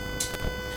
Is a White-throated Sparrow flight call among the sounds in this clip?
no